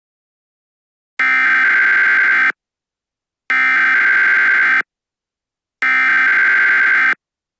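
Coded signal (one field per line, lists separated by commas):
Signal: Emergency Alert System (SAME) tones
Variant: header bursts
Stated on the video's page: Fictional EAS scenario, not a real alert.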